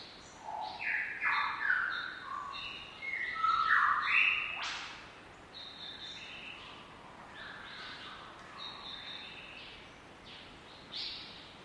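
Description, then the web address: Lyrebird calls, a tangle of harsh squawks and twisting notes early on, then quieter scattered rasps for the rest. Lyrebirds, described as squawking or squeaking. "lyrebirds squaking. lyrebirds squeaking"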